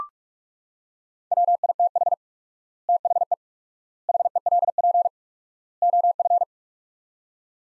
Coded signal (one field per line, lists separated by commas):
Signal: Morse code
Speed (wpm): 41 wpm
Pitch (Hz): 700 Hz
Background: none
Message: WITH THE HELP OF